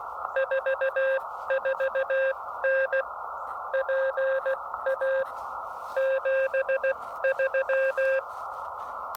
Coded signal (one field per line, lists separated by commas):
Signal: Morse code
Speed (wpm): 16 wpm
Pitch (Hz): 530 Hz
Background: none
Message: 44N PA 73